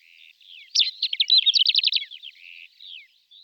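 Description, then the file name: Greater short-toed lark with a rapid burst of dry chirps in a high, rattling run of about a second, framed by softer buzzy slurred notes. "Skrivanek kratkoprsty Calandrella brachydactyla"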